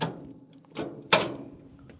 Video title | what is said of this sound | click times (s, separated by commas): Oliver Super 55 PTO clutch and seals | and then you'll you can hear it snap in | 1.1 s